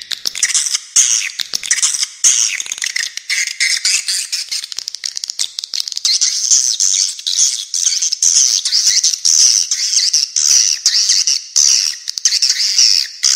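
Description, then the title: Twittering swiftlets, a constant stream of sharp high chirps and rattling trills. "Suara Walet"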